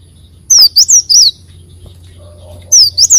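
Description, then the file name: Leafbird song: two short groups of three or four high, clear slurred whistles, separated by a quiet pause. "Tieng chim xanh tim"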